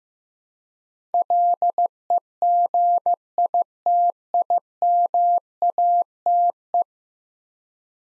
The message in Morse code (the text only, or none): LEGITIMATE